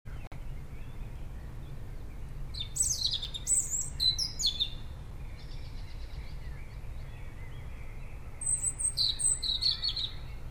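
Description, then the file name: European robin song, two bursts of high, thin, tinkling warbled phrases separated by a pause, over a constant low hum. "Erithacus rubecula"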